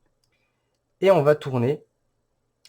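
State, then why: Seated. Someone talks while a plastic piece, clipped onto the transparent tension bolt beneath a piece of a Gan 356 XS speed cube, is used as a screwdriver to turn the bolt in the cube's core. A small, sharp click is heard at 2.6 s as the bolt seats into its tension setting.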